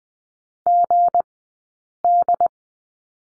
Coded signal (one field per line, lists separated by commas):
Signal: Morse code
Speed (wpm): 20 wpm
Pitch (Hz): 700 Hz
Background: none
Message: GD